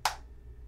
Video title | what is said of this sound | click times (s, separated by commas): Shocker Amp Mechanical Frame Installation - How To | locked in place good to go i'm going to hold it together and go ahead and put my back frame screw in and | 0.1 s